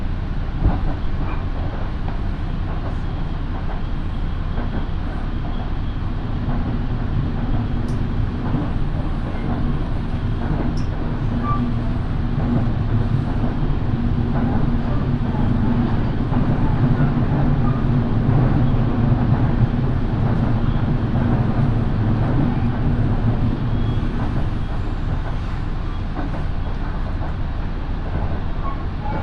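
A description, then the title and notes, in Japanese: A Minobu Line local train runs from Shibakawa toward Minobu, with a steady low rumble and rattle, faint clicks, and brief murmurs of speech. 身延線普通 芝川→身延。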